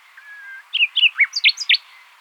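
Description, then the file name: Common nightingale phrase: a soft drawn-out whistle followed by a quick series of loud chirping notes. "Luscinia megarhynchos"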